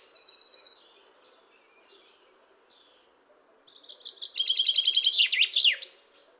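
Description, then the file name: Common chaffinch: a faint trilled phrase at first, then a loud full song of descending notes ending in a bold flourish. "Fringilla coelebs"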